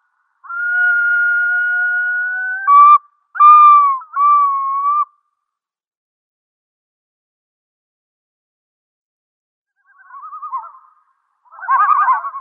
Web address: Schulze Peter Yellow-billed Diver